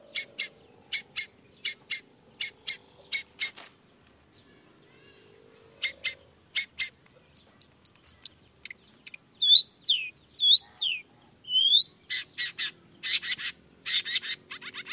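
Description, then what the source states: Long-tailed shrike song: quick high chip series, then a pause, then varied whistled slurs and rapid chattering notes. Heard in the morning, a 'toet toet' call variation, played to stimulate a lazy, silent shrike into singing along.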